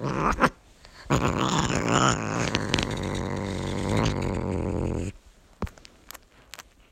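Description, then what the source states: Cat giving a harsh, strained yowl lasting about four seconds, rough and dense, cut off sharply, followed by a few clicks and knocks. Cat in heat.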